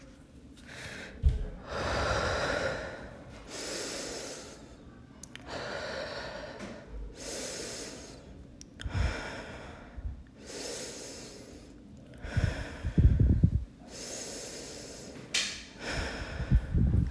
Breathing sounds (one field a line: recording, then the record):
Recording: deep breathing after running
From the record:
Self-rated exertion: moderate exertion (3 of 6)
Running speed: 5 miles an hour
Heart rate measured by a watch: 165 beats a minute at the start, 151 at the end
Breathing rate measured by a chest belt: 19 breaths a minute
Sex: female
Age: 18 years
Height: 171 cm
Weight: 75 kg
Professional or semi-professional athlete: no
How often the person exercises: 1 to 2 times a week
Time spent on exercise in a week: under 1 hour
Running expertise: no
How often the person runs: 1 to 2 times a week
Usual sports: running, fencing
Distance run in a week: 3 km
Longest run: 21.3 km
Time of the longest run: 190 minutes